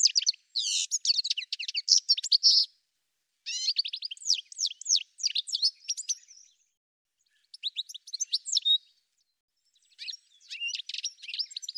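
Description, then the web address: Bird giving rapid high chirps and twittering notes in dense bursts separated by several brief pauses, with no other sounds. "cianscape birddata"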